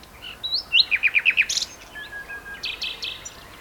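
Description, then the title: Common nightingale song: rising whistled notes, then a fast run of five loud repeated chirps and a buzzy burst, followed by sharper phrases. Two birds singing in a duet on Westleton Heath. "sanderson. nightingale duet on westleton heath"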